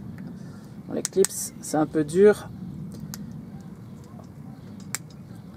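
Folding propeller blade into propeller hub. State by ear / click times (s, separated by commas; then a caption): seated / 4.9 s. A plastic folding-propeller blade is pressed into its black hub part, with stiff clips, while someone talks over low background noise. A sharp click at 5.0 seconds marks the blade seating in the hub.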